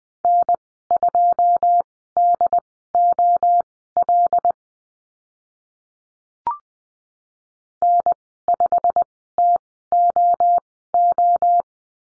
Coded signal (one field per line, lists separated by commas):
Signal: Morse code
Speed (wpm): 20 wpm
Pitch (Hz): 700 Hz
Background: none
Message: N2DOL N5TOO